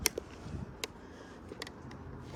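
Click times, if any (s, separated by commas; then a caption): none. Someone presses a plastic lid onto a food-scrap storage container, making a few sharp clicks and taps, the loudest near 0.1 and 0.8 seconds, with more faint taps around 1.6 seconds. The lid has not clicked locked and does not clip into place, possibly because it was put on wrong.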